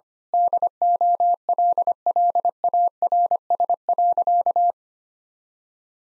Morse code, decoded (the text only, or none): DOLLARS.